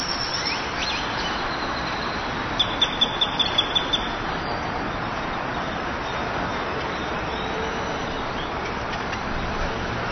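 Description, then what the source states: Bird chirping, a rapid string of about seven high, clipped notes lasting roughly a second and a half, heard over steady street noise. Birds on 6th Street.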